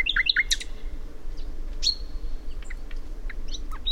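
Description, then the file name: Common nightingale singing: a few sharp, high chirps in quick succession, then a thin sustained whistle and scattered clicking notes over a low steady background rumble. "Luscinia megarhynchos"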